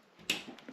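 A 6- or 8-pin PCIe power cable plug is lined up with the power socket on an MSI RTX 3060 Ventus 3x graphics card and pushed firmly in. It snaps into place with a sharp click at 0.3 s, followed by a couple of fainter small sounds. The connector is seated.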